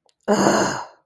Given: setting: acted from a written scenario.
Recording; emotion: vocal sound without words; anger